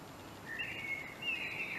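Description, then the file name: Common blackbird delivering a short, rich, fluted warble that climbs slightly in pitch, heard over faint steady noise. "Turdus merula"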